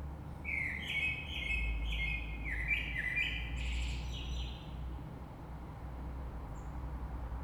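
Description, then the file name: Common blackbird song, a fluted warbling phrase early on followed by a thin high twitter, with low rumbling background noise throughout. Recorded 3 March 2020. "Rush Merle"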